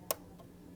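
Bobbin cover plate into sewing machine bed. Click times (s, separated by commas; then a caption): 0.1 s. A bobbin cover plate is put back over the bobbin on a sewing machine and pressed down into the machine bed. A single sharp, bright click is heard at 0.1 s, then only quiet background. The plate seats in place.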